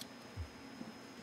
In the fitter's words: As you're opening it, locks into place.